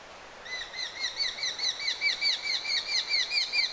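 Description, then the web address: Eurasian hobby fledgling calls begin after a brief quiet moment, then a steady series of clear, ringing notes follows until the end. Fledglings calling, 23 August 2025. "23 8 2025 nuolihaukan lentopoikasten aantelya"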